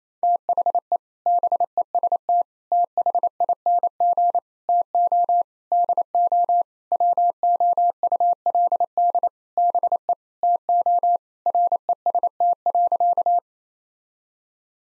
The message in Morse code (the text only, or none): THE BEST THING TO DO WOULD BE TO REST.